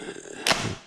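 The rotating ammo cylinder of a Nerf Rival Roundhouse foam-ball toy blaster, which sometimes won't fully click in, is pushed into the blaster over a faint background hiss. A single sharp click at 0.5 s is followed by a short, fading rattle. The cylinder seats, and the blaster can now be closed.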